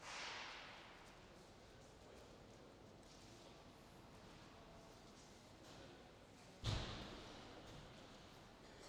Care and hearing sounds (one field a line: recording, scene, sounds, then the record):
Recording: everyday scene through a hearing-aid microphone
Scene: reverberant space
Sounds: background noise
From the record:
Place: railway station hall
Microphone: in the ear canal, left